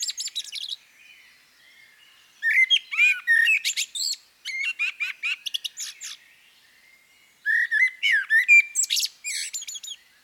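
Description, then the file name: Common blackbird song with warbled flute-like notes and chattering high-pitched endings, several phrases separated by short silences. "CHernyj drozd - Turdus merula - British Library"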